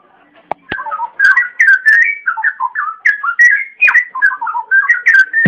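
Oriental magpie-robin song: clear, fluty whistled phrases rising and falling in a steady stream, with a few sharp clicks at the start and end.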